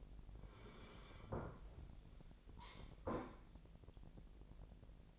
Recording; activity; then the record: daily activity, microphone in the room; sit down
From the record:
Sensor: 5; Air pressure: 1001.7 hPa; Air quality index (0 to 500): 246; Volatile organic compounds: 29 ppm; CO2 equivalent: 2946 ppm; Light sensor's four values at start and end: 50/118/49/51 and 50/117/48/51